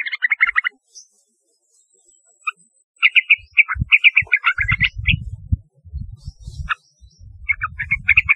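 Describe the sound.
Yellow-vented bulbul song: short bubbly, chortling phrases in quick bursts with pauses between, over low dull thumping sounds.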